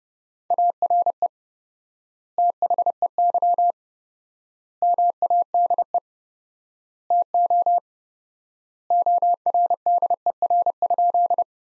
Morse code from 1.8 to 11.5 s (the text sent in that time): THEY MADE TO ORDER?